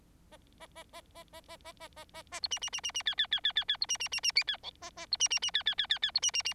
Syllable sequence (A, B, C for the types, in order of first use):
A A A A A A A A A A A A B C C C C C D D D D D D B C C C C D E A A B C C C D D D D D B C C C